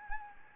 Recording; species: mosquito wingbeat signal from an infrared sensor; Anopheles gambiae